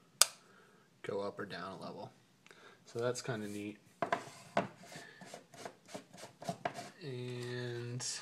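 A Hario Slim manual ceramic burr coffee grinder's grind-size adjuster, under the hopper, is twisted left or right and clicks into its next detent step. A sharp click sounds at 0.2 seconds, and the adjuster seats at the new grind level. Someone then talks, with a few light taps and knocks in the background.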